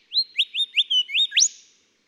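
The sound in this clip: Golden whistler song, a single phrase of several clear whistled notes stepping in sequence, finished by a sharp rising whipcrack note.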